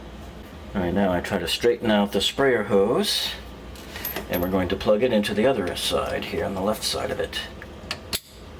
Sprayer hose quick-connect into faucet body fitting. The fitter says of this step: hear it click give it a good test to make sure it's in there solid okay